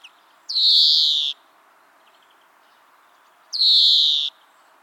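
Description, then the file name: European greenfinch calls: a pair of drawn-out, wheezy, buzzing notes roughly three seconds apart, each sliding slightly down in pitch. "Chloris chloris"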